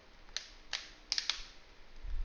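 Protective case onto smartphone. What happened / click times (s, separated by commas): The case clipped on / 0.4 s, 1.1 s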